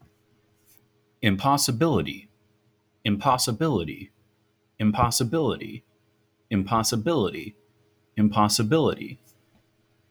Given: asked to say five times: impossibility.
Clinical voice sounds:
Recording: repeated word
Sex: male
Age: 20 to 29 years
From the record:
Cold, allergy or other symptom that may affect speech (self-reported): no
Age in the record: 20 years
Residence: Texas, United States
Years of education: 14

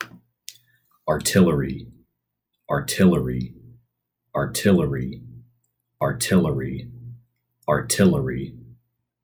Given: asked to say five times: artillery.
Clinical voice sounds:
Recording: repeated word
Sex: male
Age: 30 to 39 years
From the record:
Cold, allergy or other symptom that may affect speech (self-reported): no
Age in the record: 33 years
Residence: Missouri, United States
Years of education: 16

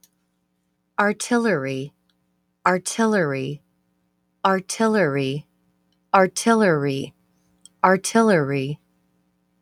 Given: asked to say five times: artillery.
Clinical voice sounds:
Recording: repeated word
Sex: female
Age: 50 to 59 years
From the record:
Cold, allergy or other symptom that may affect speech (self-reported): no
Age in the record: 54 years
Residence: Arizona, United States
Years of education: 12

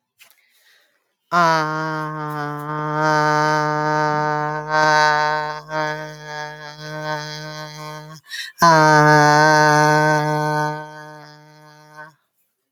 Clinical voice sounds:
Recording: vowel held as long as possible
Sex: female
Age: 40 to 49 years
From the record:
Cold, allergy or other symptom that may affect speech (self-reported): no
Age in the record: 42 years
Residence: Pennsylvania, United States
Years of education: 12

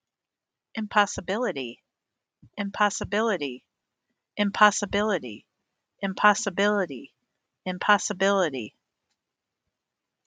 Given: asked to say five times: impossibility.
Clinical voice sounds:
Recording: repeated word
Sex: female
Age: 50 to 59 years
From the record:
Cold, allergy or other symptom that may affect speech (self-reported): no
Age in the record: 57 years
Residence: Michigan, United States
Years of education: 16

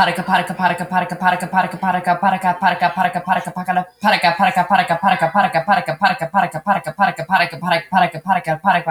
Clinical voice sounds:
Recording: repeated syllables /pa ta ka/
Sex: male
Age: 30 to 39 years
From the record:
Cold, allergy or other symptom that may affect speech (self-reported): no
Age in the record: 32 years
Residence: Washington, United States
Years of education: 16

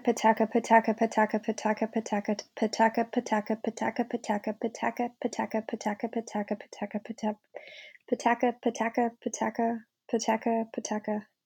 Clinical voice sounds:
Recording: repeated syllables /pa ta ka/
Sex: female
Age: 30 to 39 years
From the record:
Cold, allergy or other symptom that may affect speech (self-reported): no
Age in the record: 32 years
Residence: Pennsylvania, United States

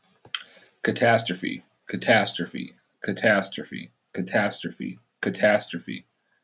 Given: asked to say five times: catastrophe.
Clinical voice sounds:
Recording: repeated word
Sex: male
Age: 30 to 39 years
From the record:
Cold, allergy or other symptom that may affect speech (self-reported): no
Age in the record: 30 years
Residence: Oregon, United States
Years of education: 16

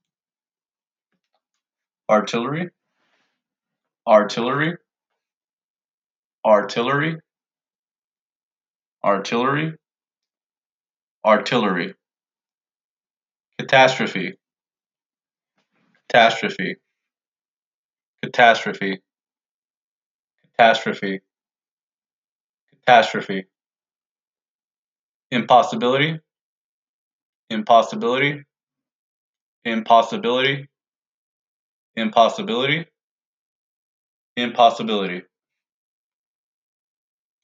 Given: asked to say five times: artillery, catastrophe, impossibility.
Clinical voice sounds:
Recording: three words, each repeated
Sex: male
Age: 30 to 39 years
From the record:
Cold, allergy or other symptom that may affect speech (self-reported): no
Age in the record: 39 years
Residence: Nevada, United States

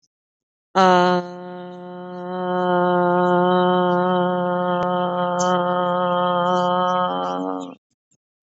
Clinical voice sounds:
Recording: vowel held as long as possible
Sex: female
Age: 50 to 59 years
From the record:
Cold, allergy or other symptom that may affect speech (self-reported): no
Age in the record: 51 years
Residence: United States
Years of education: 12

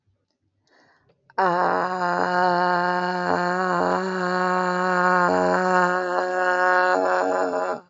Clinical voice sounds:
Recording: vowel held as long as possible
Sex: female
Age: 40 to 49 years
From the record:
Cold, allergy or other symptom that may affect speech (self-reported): no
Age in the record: 46 years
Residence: California, United States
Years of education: 14

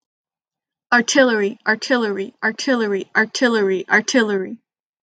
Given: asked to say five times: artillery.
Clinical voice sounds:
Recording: repeated word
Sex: female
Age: 20 to 29 years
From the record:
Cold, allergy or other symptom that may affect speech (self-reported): no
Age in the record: 20 years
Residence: Washington, United States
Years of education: 14

